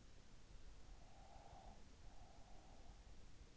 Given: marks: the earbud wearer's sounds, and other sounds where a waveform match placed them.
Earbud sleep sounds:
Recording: sounds in sleep by an in-ear microphone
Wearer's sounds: breath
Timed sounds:
1.06-3.03 s: breath

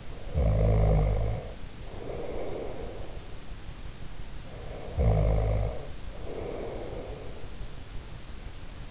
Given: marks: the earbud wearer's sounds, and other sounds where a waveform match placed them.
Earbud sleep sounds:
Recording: sounds in sleep by an in-ear microphone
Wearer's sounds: snoring breath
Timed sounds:
0.00-3.34 s: snoring breath
4.48-7.51 s: snoring breath

